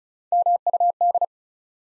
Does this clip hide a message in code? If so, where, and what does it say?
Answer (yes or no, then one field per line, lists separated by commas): yes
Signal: Morse code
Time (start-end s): 0.3-1.2 s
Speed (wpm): 36 wpm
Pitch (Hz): 700 Hz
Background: none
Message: MUD